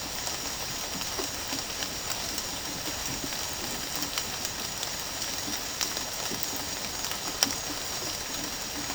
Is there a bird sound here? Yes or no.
no